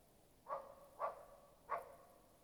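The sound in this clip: Animal calls: three short calls over faint background noise.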